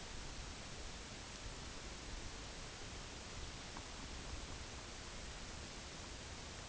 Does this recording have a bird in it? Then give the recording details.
no. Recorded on Arctic tundra, site UTQI-8, on 8 June 2019. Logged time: 02:00